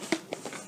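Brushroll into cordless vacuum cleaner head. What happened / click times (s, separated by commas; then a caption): The brushroll slid home into the cleaner head / 0.1 s, 0.3 s. A washed brushroll is slid back into the plastic cleaner head of a Dyson V15 Detect cordless vacuum until it seats home. Two short, sharp hits are heard at 0.1 s and 0.3 s, followed by a softer knock, confirming the brushroll is in place.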